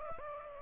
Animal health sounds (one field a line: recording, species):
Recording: mosquito wingbeat signal from an infrared sensor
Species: Aedes aegypti